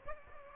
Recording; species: mosquito wingbeat signal from an infrared sensor; Aedes aegypti